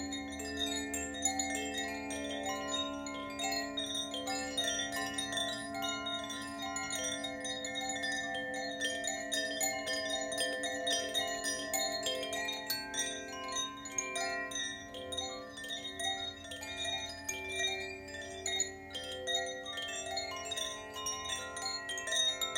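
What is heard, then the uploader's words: Crystal singing bowls ring in long, sustained tones that overlap into a steady, shimmering wash for the full length. A low hum sits beneath clear middle and high tones, while light bell-like strikes and chiming glints scatter through the upper range with slight swells in loudness. Crystal Singing Bowls.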